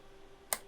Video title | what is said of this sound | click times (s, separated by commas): Gigabyte TRX40 Designare Motherboard Build Tutorial - CPU, RAM and Cooler Installation 2020 | click three okay processor is secure | 0.5 s